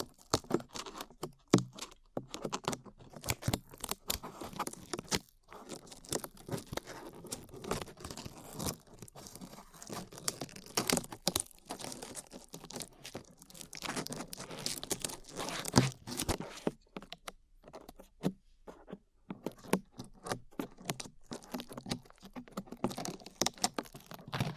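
Sticky peeling of glue, heard as dense bursts of small crackles and tearing snaps packed right up against the ear. The rustling runs almost continuously for the whole stretch, with brief pauses near 5, 17 and 19 seconds.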